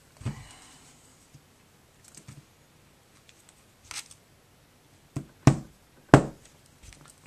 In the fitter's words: easier all right we heard a click